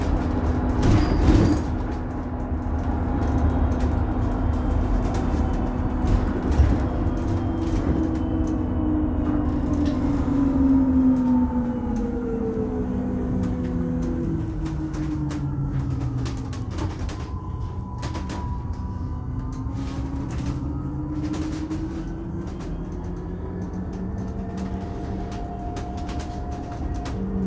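A bus ride: a steady low engine rumble runs throughout, with engine tones rising through gear changes, then dropping sharply around fifteen seconds before climbing again. Scattered short clicks and knocks sound now and then, most often in the second half.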